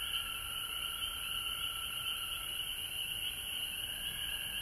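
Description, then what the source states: Frog chorus, a constant layered trilling at several pitches that never pauses, with a shrill high drone above. Recorded at home in Georgia on March 19, 2020.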